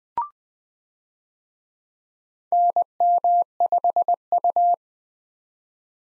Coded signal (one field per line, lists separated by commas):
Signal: Morse code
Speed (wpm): 20 wpm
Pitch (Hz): 700 Hz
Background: none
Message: NM5U